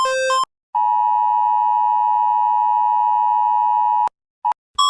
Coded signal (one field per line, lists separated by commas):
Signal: Emergency Alert System (SAME) tones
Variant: 853 and 960 Hz attention tone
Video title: Heeko, Sarah, Brix, Haiko, Hailo and Alexis with EAS Alarms in 60 Countries🌍🌎🌏